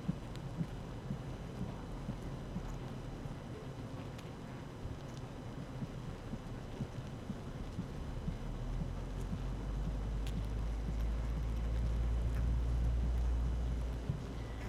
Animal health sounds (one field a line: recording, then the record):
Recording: honeybee colony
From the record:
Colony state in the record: active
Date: 12 June 2018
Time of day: 7:46